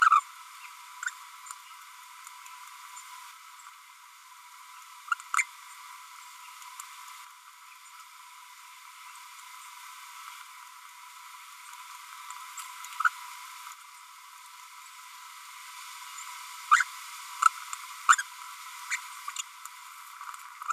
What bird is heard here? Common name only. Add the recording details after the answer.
Green-rumped Parrotlet. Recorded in a nest box in Venezuela. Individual 18B25A3